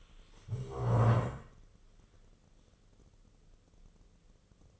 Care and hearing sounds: daily activity, microphone in the room; stand up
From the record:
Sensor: 4

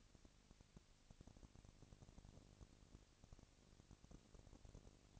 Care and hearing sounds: daily activity, microphone in the room; no activity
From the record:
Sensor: 4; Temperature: 22.4 degrees Celsius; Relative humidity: 31.9%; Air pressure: 998.0 hPa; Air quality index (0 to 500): 203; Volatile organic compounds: 17 ppm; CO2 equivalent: 2573 ppm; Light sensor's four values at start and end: 2/3/1/1 and 2/3/1/1

